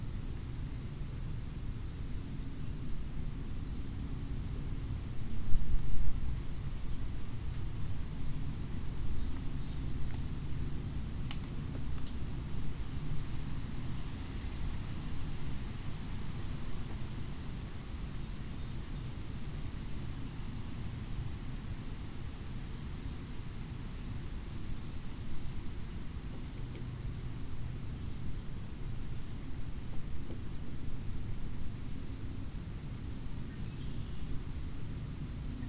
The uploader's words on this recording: Pigeon River Fish and Wildlife Area. Windy day in an oak and hickory stand adjacent to a mill pond.